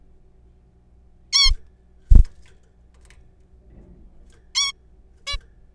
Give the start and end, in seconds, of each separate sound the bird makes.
1.33-1.51, 4.55-4.72, 5.27-5.36